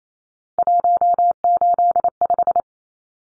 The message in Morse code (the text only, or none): 185